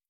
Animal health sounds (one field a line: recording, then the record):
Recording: hydrophone in a shrimp aquaculture tank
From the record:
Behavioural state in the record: stressed